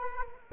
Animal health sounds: mosquito wingbeat signal from an infrared sensor; Culex quinquefasciatus

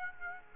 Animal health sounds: mosquito wingbeat signal from an infrared sensor; Aedes aegypti

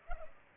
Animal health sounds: mosquito wingbeat signal from an infrared sensor; Culex pipiens

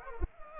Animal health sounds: mosquito wingbeat signal from an infrared sensor; Anopheles arabiensis

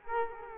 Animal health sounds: mosquito wingbeat signal from an infrared sensor; Culex quinquefasciatus

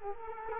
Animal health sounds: mosquito wingbeat signal from an infrared sensor; Culex quinquefasciatus

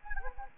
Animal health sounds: mosquito wingbeat signal from an infrared sensor; Anopheles arabiensis

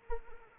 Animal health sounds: mosquito wingbeat signal from an infrared sensor; Anopheles arabiensis

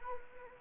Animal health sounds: mosquito wingbeat signal from an infrared sensor; Anopheles arabiensis

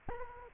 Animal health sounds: mosquito wingbeat signal from an infrared sensor; Anopheles arabiensis

